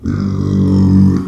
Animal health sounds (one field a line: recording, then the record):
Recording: squeal of a Yucatan mini pig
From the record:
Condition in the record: after surgery on the right vocal fold (resection and tissue-engineered implant)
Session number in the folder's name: 13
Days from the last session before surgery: 113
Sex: female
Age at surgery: 19 weeks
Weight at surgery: 25 kg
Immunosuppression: prednisolone